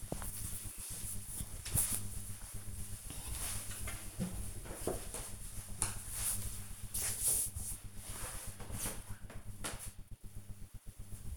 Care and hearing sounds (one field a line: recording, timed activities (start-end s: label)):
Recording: household activities, microphone on the right wrist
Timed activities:
none